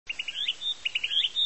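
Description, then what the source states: Narcissus flycatcher high call: quick series of short chirps ending in a looping whistled note, repeated twice within a second and a half, clean background. Tukutuku call type.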